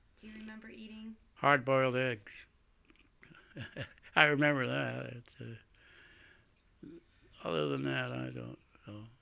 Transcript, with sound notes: Do you remember eating?
Hardboiled eggs. (laughs) I remember that, it's, other than that, I don't know.